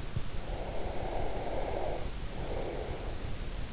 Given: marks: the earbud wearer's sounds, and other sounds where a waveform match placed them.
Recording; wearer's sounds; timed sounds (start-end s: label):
sounds in sleep by an in-ear microphone; breath
0.33-3.25 s: breath